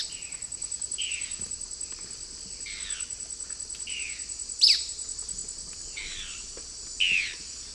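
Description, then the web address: Dusky-throated antshrike calls: scattered short descending whistles and one sharp high note, heard against a continuous pulsing insect hum. Group calls; eastern lowlands of South America. "Natures Songs S America Eastern Lowlands. Thamnomanes ardesiacus, group calls"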